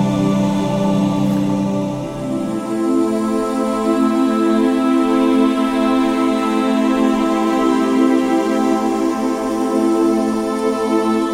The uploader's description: the soothing sounds of gentle waves and relaxing music